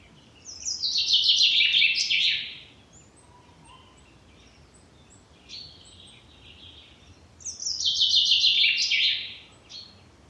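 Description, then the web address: Common chaffinch song: two bright, rattling phrases that tumble downward and end in a quick flourish, several seconds apart, with a faint quiet phrase between them. "Deverinetal"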